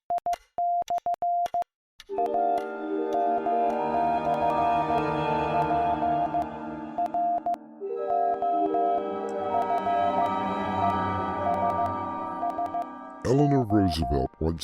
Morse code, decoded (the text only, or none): I/ AM/ PROFESSO